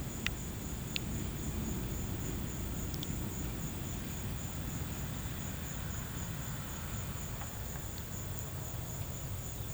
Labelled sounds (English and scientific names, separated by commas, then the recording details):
none
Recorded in pastures near Puerto Asís, Putumayo, Colombia, on 12 March 2025 at 15:30
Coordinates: 0.472, -76.329
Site G074